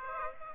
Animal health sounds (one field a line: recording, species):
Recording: mosquito wingbeat signal from an infrared sensor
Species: Aedes aegypti